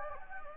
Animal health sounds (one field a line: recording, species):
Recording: mosquito wingbeat signal from an infrared sensor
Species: Anopheles gambiae